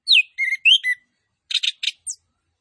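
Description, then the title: Orange-headed thrush phrase of slurred whistles, then a few buzzy rattling notes and a short high falling note. Song with full fill-in phrases and cililin-style bursts, used for training. "Anis Kembang Gacor. MASTERAN ANIS KEMBANG ISIAN FULL DENGAN TEMBAKAN CILILIN"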